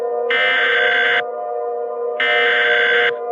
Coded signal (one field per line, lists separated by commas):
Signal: Emergency Alert System (SAME) tones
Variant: header bursts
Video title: Nuclear Attack EAS Scenario - PACIFIC EXODUS